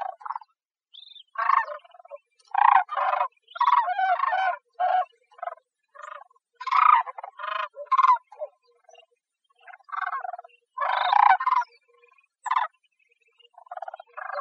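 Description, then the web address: Sandhill cranes give rolling, rattling trumpet calls in frequent bursts with only short gaps between them. "Cranes AZFO. deviche"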